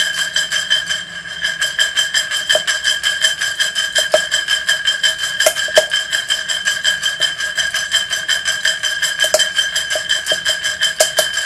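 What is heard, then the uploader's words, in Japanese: Tidying up around a kitchen, dominated by a steady, fast, regular buzzing whir with a high ringing tone that runs the whole time. Sharp clicks and light knocks break through now and then, around the 2, 4, 5.5, 9 and 10–11 second marks. キッチン周りのお片付け。Sujataはお話はいたしません。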